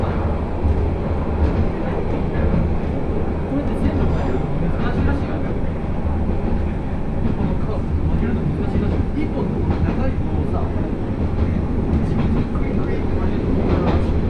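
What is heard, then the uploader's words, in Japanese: Inside a single-car railbus on the Akechi Railway, crowded with children and high school students. A steady low rumble of the running car fills all fourteen seconds, with voices chattering throughout and occasional brief clicks and knocks. 明知鉄道 明智→恵那。１両のレールバスは子供連れや高校生もいるなど一杯で予想外のにぎわいでした。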